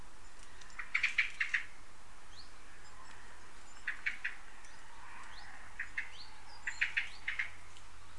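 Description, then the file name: Common blackbird calls: several short bursts of sharp, chattering notes over a steady low background hum. "Turdus merula"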